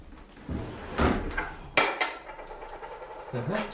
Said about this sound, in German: Hier ist eine Schublade geklemmt. Warten Sie, ich helfe Ihnen.